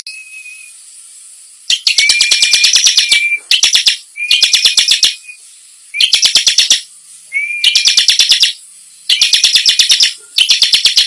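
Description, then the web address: Bar-winged prinia song: a thin whistle under rapid, evenly spaced rattling chips, repeated in several bursts with short pauses. Called gacor, meaning singing actively, in the nembak style. "ciblek suara-ciblek-gacor-nembak"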